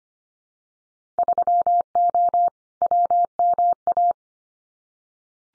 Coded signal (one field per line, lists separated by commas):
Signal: Morse code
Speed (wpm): 25 wpm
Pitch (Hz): 700 Hz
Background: none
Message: 3O WMA